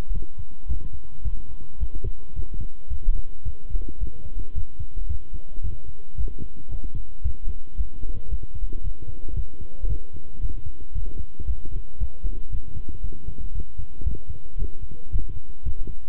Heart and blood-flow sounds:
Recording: heart sounds by stethoscope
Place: between the tricuspid and mitral areas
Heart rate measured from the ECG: 112 bpm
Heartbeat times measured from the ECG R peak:
0.14 s: heartbeat
0.68 s: heartbeat
1.24 s: heartbeat
1.80 s: heartbeat
2.35 s: heartbeat
2.90 s: heartbeat
3.45 s: heartbeat
4.00 s: heartbeat
4.55 s: heartbeat
5.09 s: heartbeat
5.63 s: heartbeat
6.17 s: heartbeat
6.71 s: heartbeat
7.24 s: heartbeat
7.77 s: heartbeat
8.30 s: heartbeat
8.84 s: heartbeat
9.36 s: heartbeat
9.89 s: heartbeat
10.42 s: heartbeat
10.94 s: heartbeat
11.47 s: heartbeat
12.00 s: heartbeat
12.52 s: heartbeat
13.03 s: heartbeat
13.54 s: heartbeat
14.05 s: heartbeat
14.58 s: heartbeat
15.12 s: heartbeat
15.65 s: heartbeat
From the record:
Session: walking at 3.7 km/h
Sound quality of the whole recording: good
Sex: male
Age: 25 years

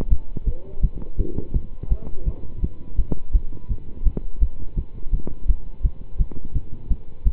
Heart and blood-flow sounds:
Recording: heart sounds by stethoscope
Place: between the tricuspid and mitral areas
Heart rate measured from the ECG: 168 bpm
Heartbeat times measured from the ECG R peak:
0.09 s: heartbeat
0.45 s: heartbeat
0.81 s: heartbeat
1.17 s: heartbeat
1.53 s: heartbeat
1.89 s: heartbeat
2.25 s: heartbeat
2.61 s: heartbeat
2.96 s: heartbeat
3.32 s: heartbeat
3.69 s: heartbeat
4.04 s: heartbeat
4.40 s: heartbeat
4.76 s: heartbeat
5.11 s: heartbeat
5.47 s: heartbeat
5.82 s: heartbeat
6.18 s: heartbeat
6.53 s: heartbeat
6.88 s: heartbeat
7.24 s: heartbeat
From the record:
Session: pedaling a stationary bicycle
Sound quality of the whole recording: good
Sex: male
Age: 27 years

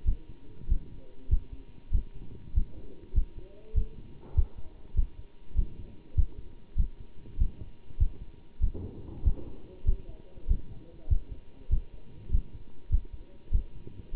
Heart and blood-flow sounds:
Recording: heart sounds by stethoscope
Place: between the tricuspid and mitral areas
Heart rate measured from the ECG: 98 bpm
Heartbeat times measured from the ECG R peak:
0.05 s: heartbeat
0.69 s: heartbeat
1.30 s: heartbeat
1.92 s: heartbeat
2.54 s: heartbeat
3.14 s: heartbeat
3.75 s: heartbeat
4.35 s: heartbeat
4.96 s: heartbeat
5.56 s: heartbeat
6.16 s: heartbeat
6.77 s: heartbeat
7.38 s: heartbeat
7.99 s: heartbeat
8.61 s: heartbeat
9.24 s: heartbeat
9.85 s: heartbeat
10.48 s: heartbeat
11.09 s: heartbeat
11.70 s: heartbeat
12.31 s: heartbeat
12.91 s: heartbeat
13.52 s: heartbeat
14.13 s: heartbeat
From the record:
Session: bicycle stress test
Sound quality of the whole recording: good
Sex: male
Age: 27 years

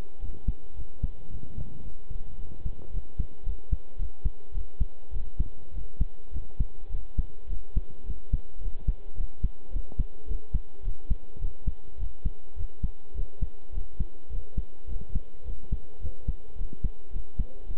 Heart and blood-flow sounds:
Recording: heart sounds by stethoscope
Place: between the tricuspid and mitral areas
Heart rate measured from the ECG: 106 bpm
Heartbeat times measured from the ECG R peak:
0.19 s: heartbeat
0.75 s: heartbeat
1.30 s: heartbeat
1.83 s: heartbeat
2.37 s: heartbeat
2.91 s: heartbeat
3.44 s: heartbeat
3.97 s: heartbeat
4.52 s: heartbeat
5.12 s: heartbeat
5.72 s: heartbeat
6.32 s: heartbeat
6.90 s: heartbeat
7.48 s: heartbeat
8.05 s: heartbeat
8.60 s: heartbeat
9.16 s: heartbeat
9.71 s: heartbeat
10.27 s: heartbeat
10.83 s: heartbeat
11.40 s: heartbeat
11.98 s: heartbeat
12.56 s: heartbeat
13.15 s: heartbeat
13.73 s: heartbeat
14.30 s: heartbeat
14.88 s: heartbeat
15.45 s: heartbeat
16.01 s: heartbeat
16.56 s: heartbeat
17.11 s: heartbeat
17.66 s: heartbeat
From the record:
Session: pedaling a stationary bicycle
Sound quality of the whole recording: good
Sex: male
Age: 23 years

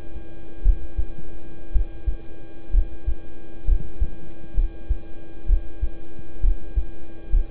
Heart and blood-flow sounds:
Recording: heart sounds by stethoscope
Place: between the tricuspid and mitral areas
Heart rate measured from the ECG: 63 bpm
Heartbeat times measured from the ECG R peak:
0.62 s: heartbeat
1.71 s: heartbeat
2.70 s: heartbeat
3.65 s: heartbeat
4.54 s: heartbeat
5.46 s: heartbeat
6.40 s: heartbeat
7.29 s: heartbeat
From the record:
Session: rest, lying down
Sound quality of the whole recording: good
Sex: male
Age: 26 years

